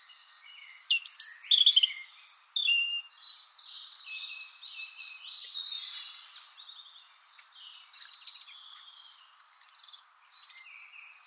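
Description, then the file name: European robin singing a rich run of high, liquid warbles and quick trills, loudest early on, then fading into softer twittering with short pauses. "Erithacus rubecula"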